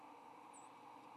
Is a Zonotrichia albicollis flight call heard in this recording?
no